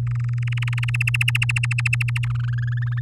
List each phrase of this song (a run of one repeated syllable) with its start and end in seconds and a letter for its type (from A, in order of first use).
0.07-0.90 A, 0.94-2.25 B, 2.30-3.00 C